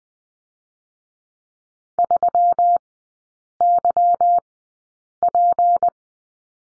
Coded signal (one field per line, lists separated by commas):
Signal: Morse code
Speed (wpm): 20 wpm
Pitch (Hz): 700 Hz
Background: none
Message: 3YP